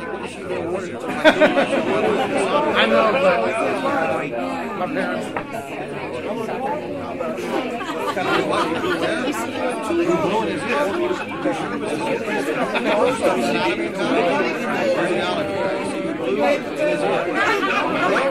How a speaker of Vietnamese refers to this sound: Ngôi nhà như muốn nứt ra vì đám đông, tiếng chuyện trò đứt đoạn, tiếng cười rầm rĩ hoặc khúc khích, tiếng ríu rít của phụ nữ và những tiếng chào hỏi oang oang.